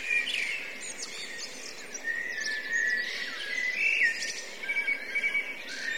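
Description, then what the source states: Blackbirds calling in a lively, steady chatter of overlapping bright whistled notes and buzzy phrases throughout. Several blackbirds; recorded from line in, with overruns.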